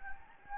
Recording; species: mosquito wingbeat signal from an infrared sensor; Anopheles gambiae